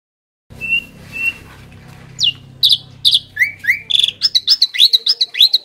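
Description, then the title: Asian pied starling song: two clear level whistles, then a quickening run of slurred whistled notes ending in rapid bright chirps. Masteran tutoring song used to train kept birds that sing too little or are listless. "Masteran Jalak Suren Atasi Burung KURANG GACOR Dan LOYO"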